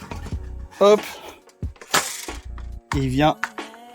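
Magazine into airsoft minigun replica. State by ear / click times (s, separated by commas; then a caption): not seated / none. A plastic magazine is pushed toward the magazine well of a WELLPRO WE23-H turret airsoft minigun replica, with light handling taps and rattles while someone talks. The magazine has not clipped in or seated yet.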